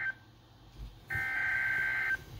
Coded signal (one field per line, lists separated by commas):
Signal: Emergency Alert System (SAME) tones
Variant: header bursts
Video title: Severe Thunderstorm Warning and Tornado Warning on NOAA Radio and TV (05/23/2020) (EAS #29-31)